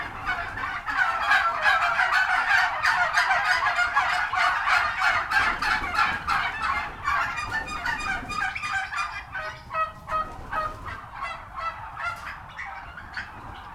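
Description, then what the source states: Turkeys in a loud, continuous chorus of rattling gobbles, many birds calling over one another, easing slightly toward the end. Recorded at a turkey farm.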